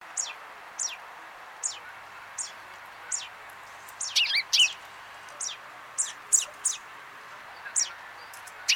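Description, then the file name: Common chaffinch, a series of thin, sharp descending call notes spaced about a second apart, with a few denser chirpy bursts over a soft hissing background. "Fringilla coelebs"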